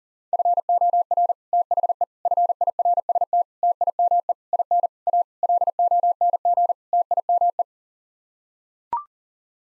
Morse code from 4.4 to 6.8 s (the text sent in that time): IN A LONG